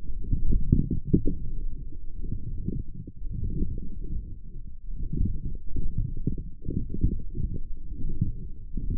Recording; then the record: forearm muscle sounds (acoustic myography)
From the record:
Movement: forearm pronation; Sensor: system 1, eight BSWA MPA416 microphones around the upper forearm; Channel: 8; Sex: male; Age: 23 years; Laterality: right